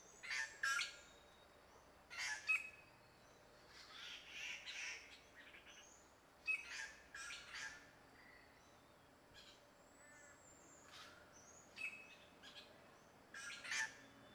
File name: suara burung cissa thalassina ekek keling